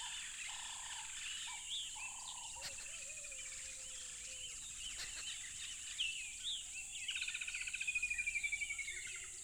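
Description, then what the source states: Cricket chorus forming an unbroken high-pitched hiss-like trill, overlaid with scattered whistled notes, tonal hoots and a rapid pulsed rattle near the end. Crickets along a tropical river.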